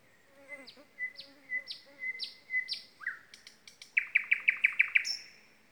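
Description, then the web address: Common nightingale song: a series of repeated slurred whistles about every half second, then a fast loud rattling burst of identical notes ending in a high note. Common nightingale singing at the blue lakes. "chant du rossignol dans les lacs bleus"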